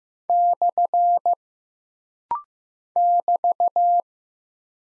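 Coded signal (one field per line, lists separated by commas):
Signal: Morse code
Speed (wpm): 15 wpm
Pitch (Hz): 700 Hz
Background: none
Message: / <BT>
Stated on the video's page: Rapid-fire Morse drill of punctuation and prosign characters at 15 wpm for instant character recognition, each sent, spoken, then sent again.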